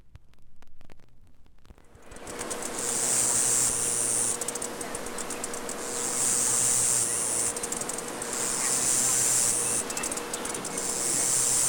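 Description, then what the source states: Cricket chirping begins after a quiet start, then high shrill bursts alternate with stuttering pulses every second or two, over a constant hiss and a faint steady tone. Recorded outdoors.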